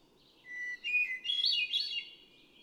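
Hermit thrush with a single phrase: a steady whistled note that rises into swirling, ethereal upper notes, over a faint low background hiss.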